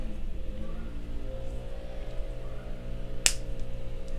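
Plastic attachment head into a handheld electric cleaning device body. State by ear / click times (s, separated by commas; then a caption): seated / 3.3 s. A plastic attachment head is swapped onto a small handheld electric aligner-cleaning device after the previous head is removed. Over a steady low hum with faint tones in the background, a single sharp, bright click sounds at 3.3 seconds as the head snaps right into the device body and seats.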